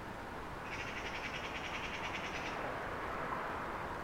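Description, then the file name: Eurasian magpie giving one dry, fast rattling chatter of almost two seconds, then only a constant noisy background. "Pica pica"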